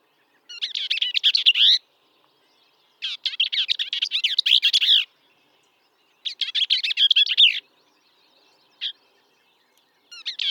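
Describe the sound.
Bell's vireo singing hurried, husky warbled phrases of one to two seconds, repeated every few seconds, with a brief faint note between.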